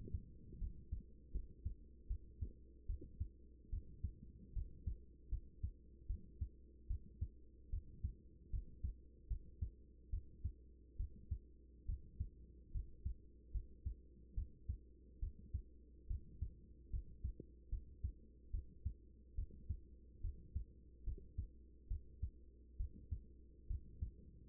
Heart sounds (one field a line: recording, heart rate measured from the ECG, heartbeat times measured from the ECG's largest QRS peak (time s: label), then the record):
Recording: heart sounds by stethoscope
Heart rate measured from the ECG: 73 bpm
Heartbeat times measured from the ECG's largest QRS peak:
0.58 s: heartbeat
1.31 s: heartbeat
2.07 s: heartbeat
2.86 s: heartbeat
3.69 s: heartbeat
4.53 s: heartbeat
5.29 s: heartbeat
6.06 s: heartbeat
6.87 s: heartbeat
7.70 s: heartbeat
8.50 s: heartbeat
9.27 s: heartbeat
10.10 s: heartbeat
10.96 s: heartbeat
11.85 s: heartbeat
12.71 s: heartbeat
13.51 s: heartbeat
14.34 s: heartbeat
15.19 s: heartbeat
16.07 s: heartbeat
16.90 s: heartbeat
17.69 s: heartbeat
18.51 s: heartbeat
19.35 s: heartbeat
20.21 s: heartbeat
21.04 s: heartbeat
21.87 s: heartbeat
22.77 s: heartbeat
23.67 s: heartbeat
From the record:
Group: healthy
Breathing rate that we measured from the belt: 15 breaths a minute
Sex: female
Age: 24 years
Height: 163 cm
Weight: 55.7 kg